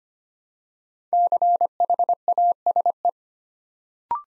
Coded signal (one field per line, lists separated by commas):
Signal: Morse code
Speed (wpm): 25 wpm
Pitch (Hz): 700 Hz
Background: none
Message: CHASE